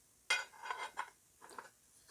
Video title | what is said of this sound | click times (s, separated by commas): xTool RA3 Rotary Attachment Unboxing & Overview | holes and four studs. It just snaps in place and then you tighten up this | 0.3 s